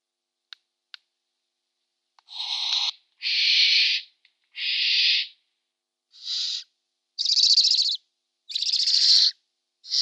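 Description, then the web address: Barn owl begging, two faint clicks then a run of several high rasping hisses, each roughly half a second to a second, spaced irregularly. Downy young. "Schulze Peter Barn Owl downy Young"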